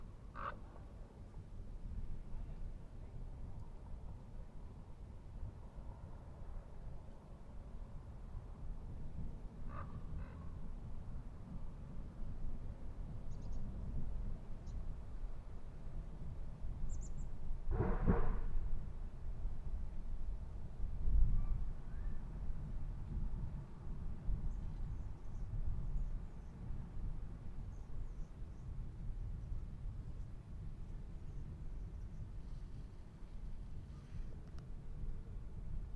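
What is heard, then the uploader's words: Outdoors at a barren, a steady low rumble of traffic fills the air, with brief faint bird calls and a louder passing vehicle around eighteen seconds. Manzanita Barren - Montclair, CA. Zoom H6. Magnetic Microphone Mounts.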